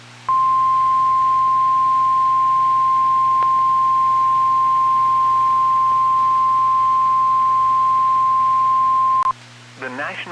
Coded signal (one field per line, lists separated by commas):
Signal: Emergency Alert System (SAME) tones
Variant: 1050 Hz attention tone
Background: speech